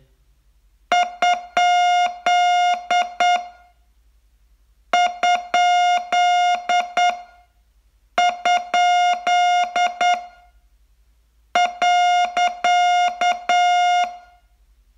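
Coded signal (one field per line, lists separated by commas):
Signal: Morse code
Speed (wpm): 8 wpm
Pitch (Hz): 710 Hz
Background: music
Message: ? ? ? .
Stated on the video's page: Morse training lesson, day 42 of a 42-day course.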